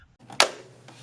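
A plastic puddle light is fitted into the tow mirror housing of a 2009-2018 4th-generation Dodge Ram: its two tabs go in first toward the mirror base, then the light is pressed in. A faint tick comes at 0.3 s, then a loud, sharp snap at 0.4 s that decays quickly, followed by a softer knock near 0.9 s. The light seats into the mirror at 0.4 s.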